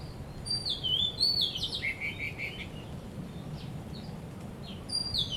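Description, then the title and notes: Bird song: a descending whistled phrase trailing into soft chirps, with a new phrase starting just before the end. Birds singing vigorously at Wu Kai Sha, Hong Kong, on 15 December 2006; recorded with AKG condenser microphones in XY stereo. "香港 烏溪沙 雀鳥勁唱歌 Date: 15 December 2006"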